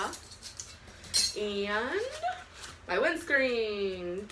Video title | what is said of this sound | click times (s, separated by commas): 18lbs Base Weight Backpacking Backpack | it just clicks into place | 0.6 s